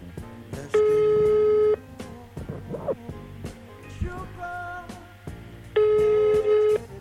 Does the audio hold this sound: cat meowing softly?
no